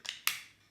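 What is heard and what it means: A polycarbonate folding leg of a mini camera tripod on a mini extension pole is swung open, with a soft tick near 0.1 s. At 0.3 s a sharp, bright snap sounds as the leg locks into its hinge detent, then quickly fades. The leg is seated and locked in place.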